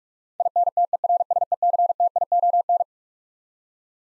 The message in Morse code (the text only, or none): INTERSECTION